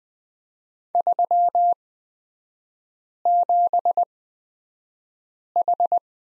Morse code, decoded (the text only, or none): 37H